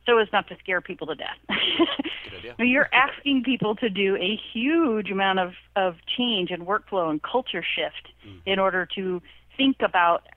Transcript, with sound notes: So as not to scare people to death. [laughs]
Good idea.
You’re asking people to do a huge amount of change and work flow and culture shift, in order to think about,